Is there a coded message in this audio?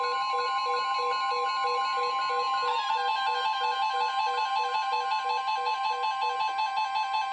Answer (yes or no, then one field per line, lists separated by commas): no